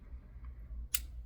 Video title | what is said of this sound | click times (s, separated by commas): Sig P238/938 Slide Stop Falls Out FIX! | I hear that click. | 0.9 s